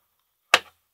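A picture frame backing is pressed in over the glass and cork, and the frame's metal retaining tabs are snapped closed. A single sharp, bright snap sounds at 0.5 s and fades quickly within about a tenth of a second. The backing clip seats shut.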